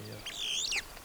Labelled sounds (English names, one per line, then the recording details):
Superb Starling flight call
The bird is a male
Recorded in Kenya on 25 April 2009 at 08:05
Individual 104, of group SRB2